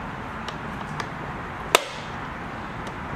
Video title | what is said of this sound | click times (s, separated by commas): Singer 1036 Fashion Touch Part 4 | go got that to snap in place | 1.8 s